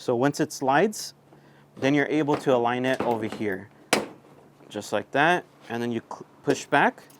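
A Morimoto Evo Hybrid headlight housing is slid into the front mounting clip of a Toyota Tacoma, lined up and pushed back toward its plastic clips while someone talks throughout. A single brief sharp sound is heard at about 3.9 s, and the clip ends before the housing goes home, so nothing has seated or clicked yet.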